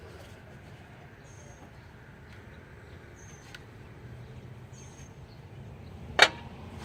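A metal high-pressure oil rail or stand pipe is pressed by hand onto its fitting on the head of a diesel engine. Over a low background hum with faint chirps, a sharp, loud click at 6.2 s shows the part has snapped into place.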